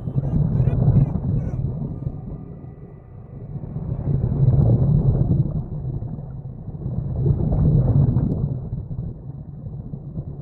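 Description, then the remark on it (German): Huge sea waves roll and crash in a deep, loud, rumbling roar that swells up three times in slow surges, with churning water hissing beneath and no voices. “Plötzlich geht ein Ruck durchs Meer. Wir fallen aus der Achterbahn. Über uns wälzen sich riesige Wellen.”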